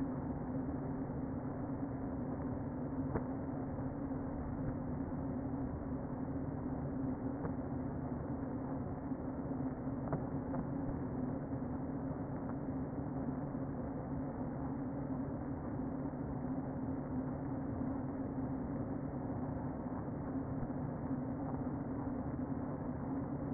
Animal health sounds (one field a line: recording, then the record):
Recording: honeybee colony, microphone inside the hive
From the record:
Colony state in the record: queen present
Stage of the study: before two queens were removed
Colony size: about 60,000 bees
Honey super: yes